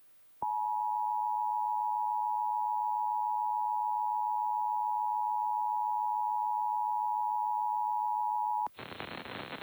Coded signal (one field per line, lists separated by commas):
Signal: Emergency Alert System (SAME) tones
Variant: 853 and 960 Hz attention tone